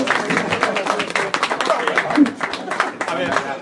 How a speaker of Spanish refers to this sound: ¡Fuertísimo aplauso!